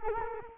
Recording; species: mosquito wingbeat signal from an infrared sensor; Culex quinquefasciatus